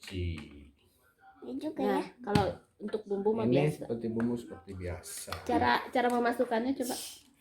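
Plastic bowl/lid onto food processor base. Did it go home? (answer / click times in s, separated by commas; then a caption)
no / none. Someone talks while handling the plastic bowl or lid of a Bolde food processor, fitting it onto the base to twist it until it locks. Speech fills the clip, with only faint handling sounds. Nothing has seated or clicked yet.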